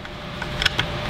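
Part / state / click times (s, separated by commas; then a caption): cocking crank mechanism into crossbow stock / seated / 0.7 s. A cocking crank assembly for a Barnett Raptor FX crossbow is pushed into the crossbow stock until its lined-up ends click into place. After a few faint taps over a steady low hum, a sharp bright click at 0.7 seconds marks the crank seating, followed by a second click at 0.8 seconds.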